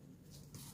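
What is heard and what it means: A memory module (RAM stick) is handled at a motherboard DIMM slot, with only a soft, low rustle and no sharp transient. Nothing has seated or clicked yet; the part is not yet pushed home until its metal contacts disappear and the latches close.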